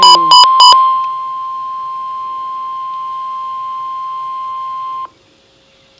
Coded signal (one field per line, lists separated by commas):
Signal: Emergency Alert System (SAME) tones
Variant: 1050 Hz attention tone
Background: music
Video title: Real NOAA Weather Radio EAS #2